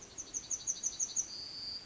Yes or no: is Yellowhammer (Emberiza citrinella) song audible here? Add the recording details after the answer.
yes. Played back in forest. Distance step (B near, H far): E. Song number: 123